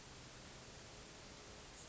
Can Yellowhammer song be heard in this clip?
no